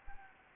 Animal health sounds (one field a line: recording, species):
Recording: mosquito wingbeat signal from an infrared sensor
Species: Anopheles arabiensis